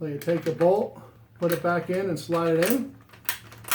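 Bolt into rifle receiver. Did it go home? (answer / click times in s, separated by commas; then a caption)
yes / 3.3 s, 3.7 s. After cleaning, a steel bolt is slid back into a rifle receiver and locks into place. Someone talks through most of the clip, and two sharp metallic hits land at 3.3 s and 3.7 s as the bolt seats.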